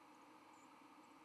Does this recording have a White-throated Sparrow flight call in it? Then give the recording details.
yes. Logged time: 07:07 on 31 October 2014